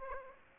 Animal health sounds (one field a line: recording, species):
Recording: mosquito wingbeat signal from an infrared sensor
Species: Aedes aegypti